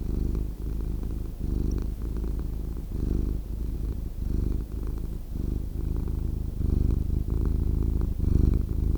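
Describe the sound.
Steady purring from a cat, a deep resonant rumble with gentle breath-paced waves, growing slightly louder toward the close.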